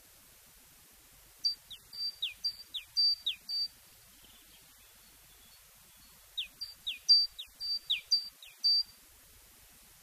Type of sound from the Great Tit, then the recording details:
song. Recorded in the wild. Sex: male. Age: adult. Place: Gräfenberg, Bayern, DE. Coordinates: 49.665, 11.2611. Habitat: forest. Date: 1963-04-21. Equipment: Nagra, AKG D19/200, Original, Vollspur. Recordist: Tretzel, Erwin. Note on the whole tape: Buchwald bei Gräfenberg: Kohlmeise: "Läuten": klize,klize; zitjä, zitje; tjäzi; zitjä - tjäzi (Umkehrung!); Pause; tjazi